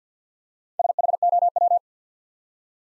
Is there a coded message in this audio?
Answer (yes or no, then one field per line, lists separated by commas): yes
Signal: Morse code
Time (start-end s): 0.8-1.8 s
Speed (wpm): 50 wpm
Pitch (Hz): 700 Hz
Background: none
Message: SHOW